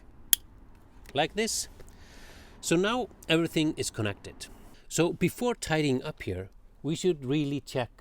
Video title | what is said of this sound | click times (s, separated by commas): Tesla Model 3 - 9.6" Display - Is it worth it? | just click it down until you hear a click | 0.3 s